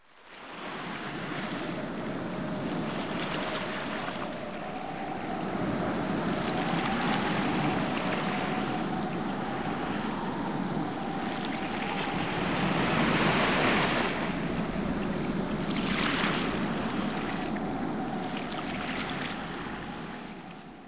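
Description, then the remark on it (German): Strong wind roars over crashing ocean surf with high waves at a beach, in a steady, loud wash of noise, with gusts swelling and rushing higher at times; no voices. “Der Wind ist sehr stark.”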